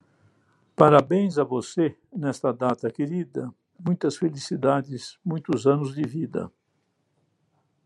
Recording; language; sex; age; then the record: short text; Brazilian Portuguese; male; 80 to 89 years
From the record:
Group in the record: control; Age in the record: 80 years